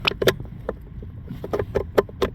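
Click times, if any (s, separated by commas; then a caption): none. A blower motor resistor from a 2005 Chevrolet Cobalt is handled and pushed toward its mounting hole in the HVAC housing under the dash. Short plastic clicks and knocks come at about 0.1, 0.3, 1.5, 2.0 and 2.2 seconds over a low background rumble. Nothing has seated or snapped in yet.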